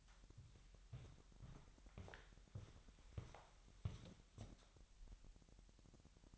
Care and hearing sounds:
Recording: daily activity, microphone in the room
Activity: walk to room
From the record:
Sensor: 3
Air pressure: 1002.0 hPa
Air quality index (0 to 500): 249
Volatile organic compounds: 51 ppm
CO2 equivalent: 3302 ppm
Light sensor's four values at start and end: 7/16/6/7 and 8/18/7/8

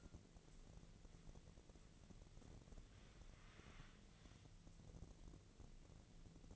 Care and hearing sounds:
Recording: daily activity, microphone in the room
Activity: wipe stove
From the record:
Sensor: 4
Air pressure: 1001.3 hPa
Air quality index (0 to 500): 185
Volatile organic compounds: 3 ppm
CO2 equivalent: 1321 ppm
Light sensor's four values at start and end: 13/30/12/12 and 13/29/12/12

